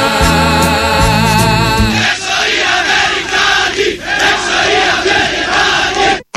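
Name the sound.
protest crowd chanting slogans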